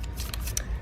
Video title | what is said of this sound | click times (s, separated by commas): Yakima BaseLine + JetStream Roof Rack Installation And Overview | And then if you lift slightly, it'll allow you to to go until it snaps into that hole. | 0.6 s